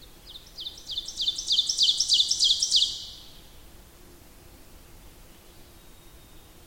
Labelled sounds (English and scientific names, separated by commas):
Ovenbird (Seiurus aurocapilla) song